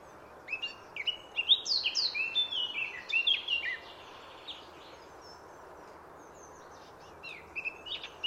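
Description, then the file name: Eurasian blackcap song: a rapid chattering warble of varied high notes lasting about three seconds, then a pause and a few scattered notes near the end, over steady hiss. "Sylvia atricapilla"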